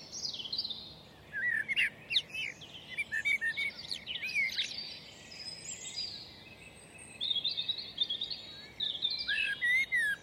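A dawn chorus of many birds singing at once, with busy overlapping chirps, whistles and trills that rarely pause. Clearer, brighter phrases stand out near the start and again after the eighth second. A soft, steady low hum sits underneath throughout.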